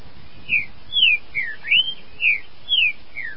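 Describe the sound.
Green-winged saltator song: a measured series of about seven loud whistled slurs, each dropping in pitch, with one note rising, spaced roughly half a second apart.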